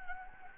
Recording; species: mosquito wingbeat signal from an infrared sensor; Anopheles arabiensis